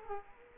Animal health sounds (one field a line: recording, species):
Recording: mosquito wingbeat signal from an infrared sensor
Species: Culex quinquefasciatus